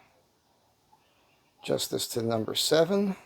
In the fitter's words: a little click and